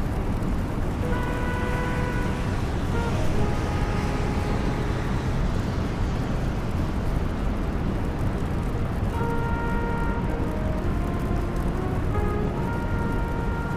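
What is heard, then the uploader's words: A rainy New York street fills the clip with a steady, dense roar of traffic and wet hiss that never lets up. Twice, from about one to four seconds and again from nine to thirteen, a tuneful horn sounds over it in stepped, held notes. Raining Day In New York.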